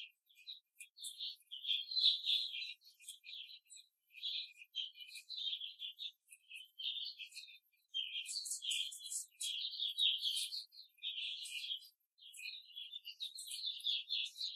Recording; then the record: young laying hens in a cage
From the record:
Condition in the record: control cage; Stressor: none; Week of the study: 5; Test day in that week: 1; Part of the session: 2